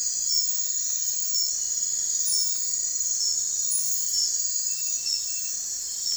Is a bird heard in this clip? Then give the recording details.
no. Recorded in dense forest near Puerto Asís, Putumayo, Colombia, on 21 December 2024 at 02:00. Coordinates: 0.468, -76.322. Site G071